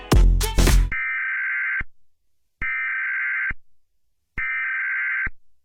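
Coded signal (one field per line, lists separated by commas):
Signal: Emergency Alert System (SAME) tones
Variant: header bursts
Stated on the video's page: Fictional EAS scenario.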